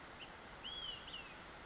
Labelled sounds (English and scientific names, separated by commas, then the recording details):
Olive-sided Flycatcher (Contopus cooperi)
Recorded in Sonoma County, California